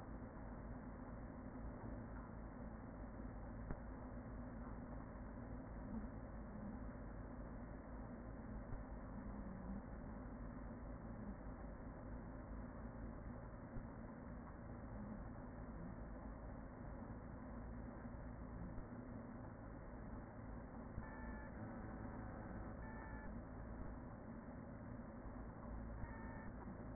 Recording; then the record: honeybee colony, microphone inside the hive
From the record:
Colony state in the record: queen present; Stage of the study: after two queens were removed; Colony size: about 40,000 bees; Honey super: no